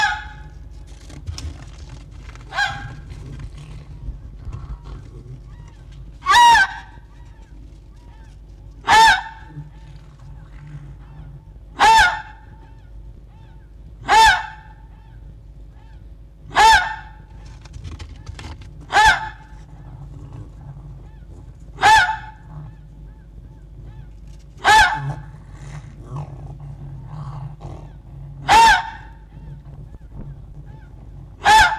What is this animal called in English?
Red Fox